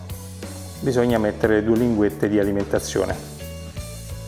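A rechargeable battery pack is being pushed into the battery compartment of a Huepar S04CG laser level, between the two power tabs, while someone talks over background music, with two short sharp sounds near the start. Nothing has seated or clicked yet.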